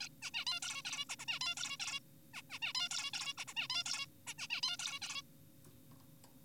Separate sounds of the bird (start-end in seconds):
0.01-0.09, 0.22-0.31, 0.34-0.45, 0.47-0.60, 0.63-0.83, 0.85-1.05, 1.09-1.16, 1.19-1.25, 1.28-1.39, 1.41-1.55, 1.57-1.77, 1.80-1.99, 2.34-2.42, 2.50-2.59, 2.62-2.73, 2.75-2.89, 2.91-3.11, 3.13-3.33, 3.38-3.45, 3.48-3.54, 3.57-3.68, 3.70-3.83, 3.86-4.06, 4.27-4.34, 4.39-4.47, 4.50-4.61, 4.63-4.77, 4.79-4.99, 5.02-5.22